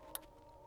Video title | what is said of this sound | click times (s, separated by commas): How to install a Dorch Stage 2 High Pressure Fuel Pump on a B58 BMW (F30 340) | Okay. Make sure you hear that audible click. | 0.1 s